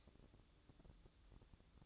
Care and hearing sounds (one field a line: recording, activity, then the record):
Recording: daily activity, microphone in the room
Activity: light off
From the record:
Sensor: 3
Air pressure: 1007.9 hPa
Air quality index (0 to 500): 105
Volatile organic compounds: 1 ppm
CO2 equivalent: 880 ppm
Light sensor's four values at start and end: 16/44/19/17 and 9/22/9/9